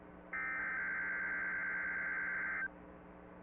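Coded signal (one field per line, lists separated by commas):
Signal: Emergency Alert System (SAME) tones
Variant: header bursts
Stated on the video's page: SAME tones of a Required Weekly Test from the Mt. Cheaha, Alabama transmitter.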